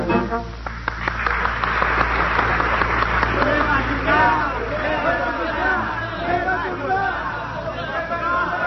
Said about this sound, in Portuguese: Era assim, ouvintes, com esses gritos insistentes que a plateia parisiense exia no cabaré Sherazade, a presença no palco de um grupo típico brasileiro que ali esteve em 1921.